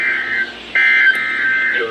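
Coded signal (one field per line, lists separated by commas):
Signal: Emergency Alert System (SAME) tones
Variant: end-of-message bursts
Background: speech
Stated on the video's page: Weekly test from the NWS EWX office.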